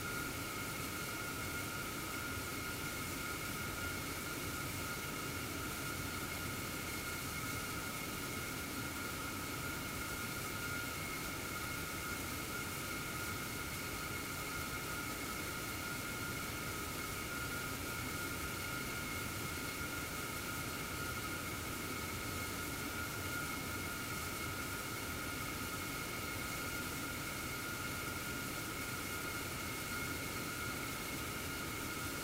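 A space telescope undergoes acoustic testing inside a large test chamber, filled with an intense, unbroken roar that holds steady for the whole stretch. Bright, sustained tones ring high above the dense rush, with no pauses or distinct events.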